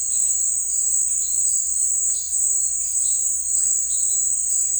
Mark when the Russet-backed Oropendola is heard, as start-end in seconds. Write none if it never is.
3.56-3.73